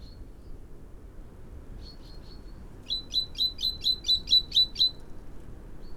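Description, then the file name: Great tit calls: a few soft, high notes, then a quick run of several sharp, even chips, with a low background hum throughout. "Parus major"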